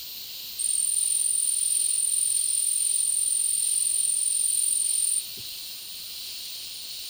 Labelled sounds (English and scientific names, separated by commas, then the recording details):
none
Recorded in dense forest near Puerto Asís, Putumayo, Colombia, on 20 February 2024 at 13:00
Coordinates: 0.499, -76.324
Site G6469